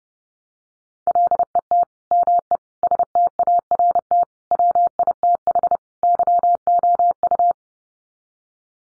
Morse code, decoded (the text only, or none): LET ME START WITH YOU